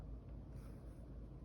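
During reassembly of an STI Trojan 1911 pistol, the recoil spring plug is pushed in and the barrel bushing is turned on the slide over it. Only a steady low rumble with faint broadband noise is heard, with no sharp sounds. Nothing has snapped or clicked into place yet.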